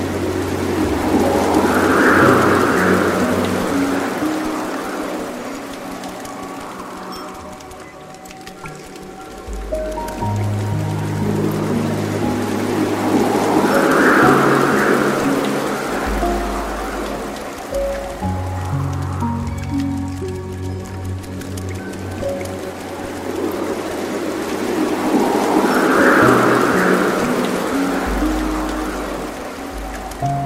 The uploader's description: calm wind and rain on grass, tender piano melodies